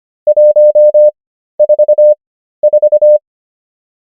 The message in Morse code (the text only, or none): 144